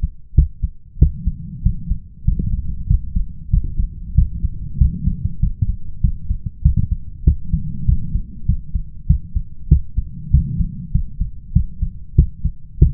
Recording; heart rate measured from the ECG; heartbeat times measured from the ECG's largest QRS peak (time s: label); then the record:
heart sounds by stethoscope; 96 bpm
0.34 s: heartbeat
0.98 s: heartbeat
1.62 s: heartbeat
2.24 s: heartbeat
2.86 s: heartbeat
3.49 s: heartbeat
4.14 s: heartbeat
4.77 s: heartbeat
5.39 s: heartbeat
6.00 s: heartbeat
6.61 s: heartbeat
7.23 s: heartbeat
7.85 s: heartbeat
8.45 s: heartbeat
9.06 s: heartbeat
9.68 s: heartbeat
10.30 s: heartbeat
10.91 s: heartbeat
11.52 s: heartbeat
12.15 s: heartbeat
12.78 s: heartbeat
From the record:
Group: healthy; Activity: cold pressor test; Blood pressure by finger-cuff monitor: 151/84 mmHg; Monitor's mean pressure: 106 mmHg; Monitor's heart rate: 97 bpm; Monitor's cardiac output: 7.5 L/min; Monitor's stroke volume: 77 mL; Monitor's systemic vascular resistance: 1060 dyn s/cm5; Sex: male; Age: 21 years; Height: 180 cm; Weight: 67.5 kg